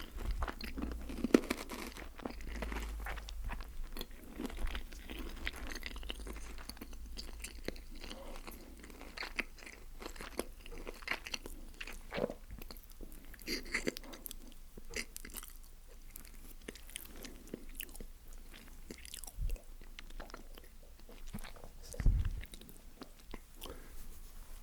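Someone eats fast food, with dense, irregular crunchy bites and wet chewing throughout, and a low thump around twenty-two seconds.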